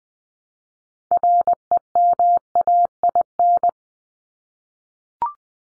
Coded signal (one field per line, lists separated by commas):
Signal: Morse code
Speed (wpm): 20 wpm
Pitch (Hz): 700 Hz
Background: none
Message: REMAIN